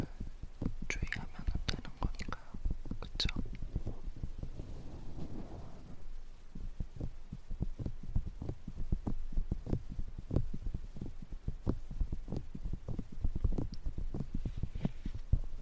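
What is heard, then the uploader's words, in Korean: Muffled tapping on an ear in a steady fast rhythm, low and thumping, with a few brief brighter rustles in the first four seconds. 귀 두드리는 소리.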